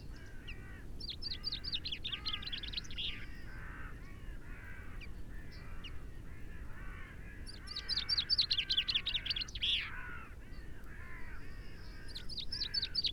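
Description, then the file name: Common chaffinch song: two fast descending trilled phrases, overlapping lower buzzy chattering notes from other birds, with constant low rumble underneath. "Fringilla coelebs"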